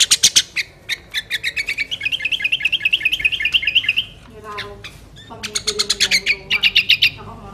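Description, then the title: Sooty-headed bulbul with a long, fast rattling trill of bright notes, a brief lull, then renewed rapid chirping in tight bursts. "Kutilang"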